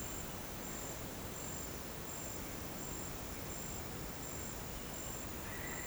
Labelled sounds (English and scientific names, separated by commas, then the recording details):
none
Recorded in pastures near Puerto Asís, Putumayo, Colombia, on 21 March 2025 at 08:30
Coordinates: 0.472, -76.329
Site G074